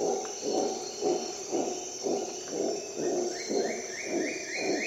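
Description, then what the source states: Howler monkey howls, deep rasping pulses repeated about twice a second, a bird's short series of rising notes near the end, and shrill insects throughout. Recorded at dawn in the jungle of Costa Rica during an expedition.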